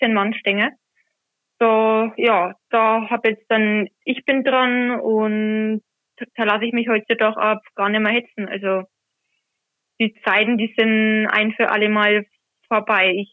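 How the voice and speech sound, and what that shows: Adult woman speaking German with a stutter, which she has had for over 10 years. For a long time she hid it by swapping hard words for easier ones; now she accepts it and lets the stuttering show.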